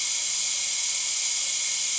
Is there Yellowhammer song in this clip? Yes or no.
no